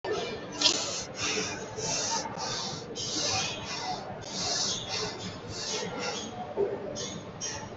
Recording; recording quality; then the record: shallow breathing; excellent, no background noise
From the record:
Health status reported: healthy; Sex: female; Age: 24 years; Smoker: no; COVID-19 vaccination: both doses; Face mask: worn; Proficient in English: yes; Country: India